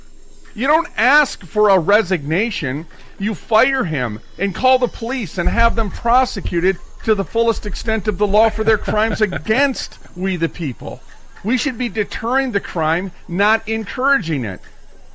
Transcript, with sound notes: You don't ask for a resignation. You fire him and call the police and have them prosecuted to the fullest extent of the law for their crimes against we, the people.
(laughs)
We should be deterring the crime, not encouraging it.